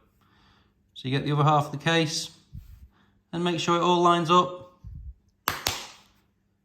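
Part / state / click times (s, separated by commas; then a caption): key fob case half into the other half of the fob housing / seated / 5.5 s, 5.7 s. Someone talks while lining up the two plastic halves of a Ford Transit Connect / Maverick remote key fob case after a battery replacement. The halves are pressed together and snap shut with two sharp clicks at 5.5 s and 5.7 s, and the case is seated and closed.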